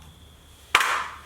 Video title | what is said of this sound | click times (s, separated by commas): Winterizing a Water Feature (Filtration Boxes) | there we go now that caster is locked in there | 0.8 s